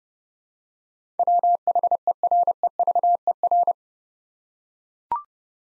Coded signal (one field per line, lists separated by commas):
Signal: Morse code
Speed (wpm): 30 wpm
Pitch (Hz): 700 Hz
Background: none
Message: WHEREVER